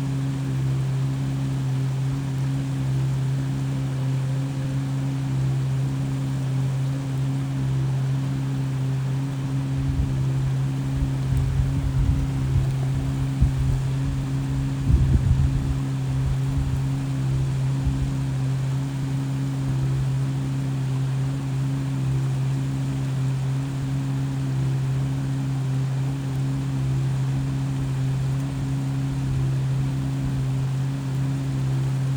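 A big engine hums steadily on a low, droning pitch, with several fixed tones layered over a soft wash of water. Between about ten and sixteen seconds the low rumble swells and churns, with a brief thump near fifteen seconds, then settles back.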